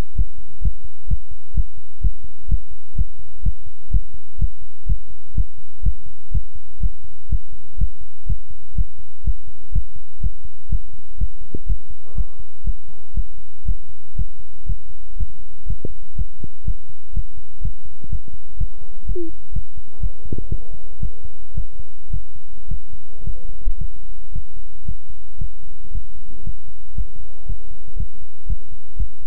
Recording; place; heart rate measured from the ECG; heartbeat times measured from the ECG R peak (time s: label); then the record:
heart sounds by stethoscope; between the tricuspid and mitral areas; 121 bpm
0.15 s: heartbeat
0.61 s: heartbeat
1.07 s: heartbeat
1.54 s: heartbeat
2.01 s: heartbeat
2.48 s: heartbeat
2.95 s: heartbeat
3.42 s: heartbeat
3.90 s: heartbeat
4.38 s: heartbeat
4.86 s: heartbeat
5.34 s: heartbeat
5.82 s: heartbeat
6.31 s: heartbeat
6.80 s: heartbeat
7.29 s: heartbeat
7.77 s: heartbeat
8.26 s: heartbeat
8.75 s: heartbeat
9.23 s: heartbeat
9.72 s: heartbeat
10.20 s: heartbeat
10.69 s: heartbeat
11.17 s: heartbeat
11.66 s: heartbeat
12.14 s: heartbeat
12.64 s: heartbeat
13.13 s: heartbeat
13.65 s: heartbeat
14.15 s: heartbeat
14.65 s: heartbeat
15.16 s: heartbeat
15.66 s: heartbeat
16.15 s: heartbeat
16.64 s: heartbeat
17.13 s: heartbeat
17.61 s: heartbeat
18.09 s: heartbeat
18.57 s: heartbeat
19.05 s: heartbeat
19.52 s: heartbeat
20.00 s: heartbeat
20.48 s: heartbeat
20.99 s: heartbeat
21.54 s: heartbeat
22.10 s: heartbeat
22.67 s: heartbeat
23.23 s: heartbeat
23.77 s: heartbeat
24.32 s: heartbeat
24.84 s: heartbeat
25.38 s: heartbeat
25.91 s: heartbeat
26.43 s: heartbeat
26.94 s: heartbeat
27.46 s: heartbeat
27.96 s: heartbeat
28.46 s: heartbeat
28.96 s: heartbeat
From the record:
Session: pedaling a stationary bicycle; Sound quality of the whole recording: good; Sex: male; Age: 24 years